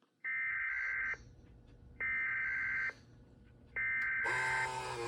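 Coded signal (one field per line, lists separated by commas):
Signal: Emergency Alert System (SAME) tones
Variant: header bursts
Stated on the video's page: Tones from a SAGE EAS Endec Model 1822 unit in a printer demonstration.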